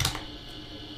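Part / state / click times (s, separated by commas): plastic cable-retaining clip piece on a handheld camera gimbal's external battery cable / seated / 0.0 s, 0.1 s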